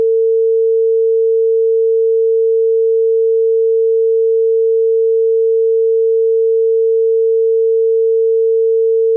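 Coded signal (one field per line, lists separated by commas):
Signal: telephone call progress tone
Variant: China, 450 Hz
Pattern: dial tone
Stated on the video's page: Bangladesh telephone tones, recreated from ITU specifications: dial, busy, ringback, call waiting, special dial, congestion, warning and howler.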